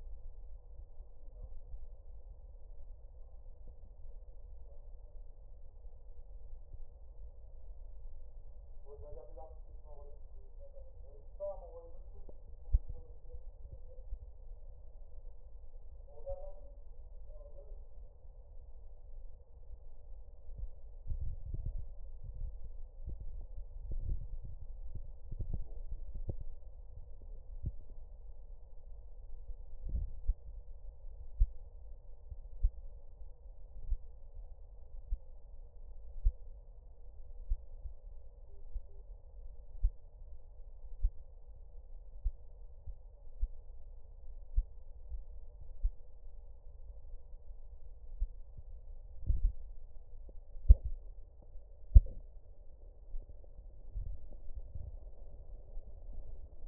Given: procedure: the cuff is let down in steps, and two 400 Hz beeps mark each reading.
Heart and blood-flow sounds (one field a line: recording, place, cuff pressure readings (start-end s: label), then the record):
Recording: Korotkoff sounds by stethoscope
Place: brachial artery, at the lower edge of an arm cuff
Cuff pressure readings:
9.96-10.49 s: 135 mmHg
38.49-39.01 s: 125 mmHg
From the record:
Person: healthy adult, 24 to 32 years, lying on the back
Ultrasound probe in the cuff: distal